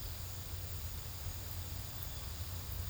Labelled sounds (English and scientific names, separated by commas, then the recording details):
none
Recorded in pastures near Puerto Asís, Putumayo, Colombia, on 8 March 2025 at 14:30
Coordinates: 0.472, -76.329
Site G074